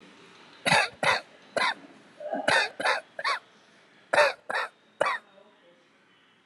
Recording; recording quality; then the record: shallow voluntary cough; moderate, slight background noise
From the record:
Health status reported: COVID-19 positive, moderate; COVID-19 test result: positive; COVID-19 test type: RT-PCR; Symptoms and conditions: cough, cold, loss of smell and taste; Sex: male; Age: 28 years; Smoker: no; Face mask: not worn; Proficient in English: yes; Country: India